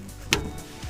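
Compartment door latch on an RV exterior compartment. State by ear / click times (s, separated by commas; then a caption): seated / 0.3 s. An outside compartment door on an RV exterior compartment is closed over the tank filling port. Its latch snaps shut with a single sharp click at 0.3 s and seats in place as it should.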